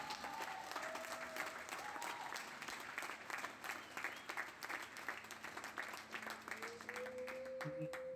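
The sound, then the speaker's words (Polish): A church audience breaks into steady, dense applause during a sermon, lasting several seconds, a thick wash of clapping with a few voices calling out above it. “Alleluja, ale nic żadnych oklasków.”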